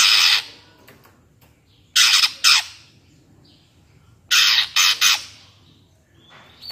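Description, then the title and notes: Greater green leafbird song of rasping, scratchy bursts, some doubled or tripled, about every two seconds, ending on a faint high whistle. Captive-bird training (master) recording; energetic 'gacor' song in the 'ngentrok' style with crest raised ('jambul nembak'). "Cucak Ijo Gacor Ngentrok Jambul Nembak. suara burung cucak ijo gacor, merdu cocok buat masteran burung cucak ijo"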